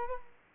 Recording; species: mosquito wingbeat signal from an infrared sensor; Culex quinquefasciatus